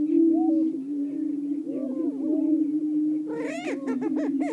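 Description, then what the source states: Greater prairie-chickens booming low and steady, with overlapping whoops that erupt into louder, harsher cackling near the end. Several greater prairie-chickens calling.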